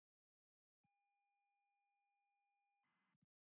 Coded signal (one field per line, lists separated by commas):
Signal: ZX Spectrum tape loading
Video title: PLATOTerm ZX - RS232 version loading from tape, with new Loader Screen!